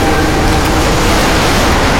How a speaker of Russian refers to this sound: Из-за поворота тоннеля за спинами людей появляется волна. Люди оборачиваются на шум воды. Что там, что куда? Вода стремительно надвигается.